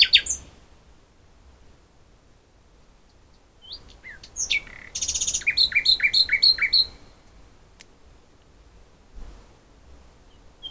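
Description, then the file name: Common nightingale song: a short note and a quiet pause, then scattered whistles build into a burst of fast repeated chirping notes, followed by quieter spells with a few faint notes. "Luscinia megarhynchos"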